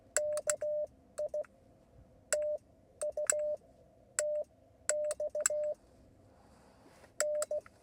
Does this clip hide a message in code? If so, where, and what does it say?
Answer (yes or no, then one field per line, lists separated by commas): yes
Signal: Morse code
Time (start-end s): 0.2-7.6 s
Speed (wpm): 15 wpm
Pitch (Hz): 600 Hz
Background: none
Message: KI TU TX N